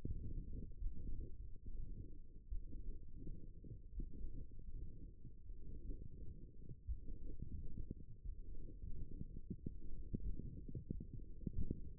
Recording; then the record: forearm muscle sounds (acoustic myography)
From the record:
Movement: forearm supination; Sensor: system 1, eight BSWA MPA416 microphones around the upper forearm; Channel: 2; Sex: male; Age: 23 years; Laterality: right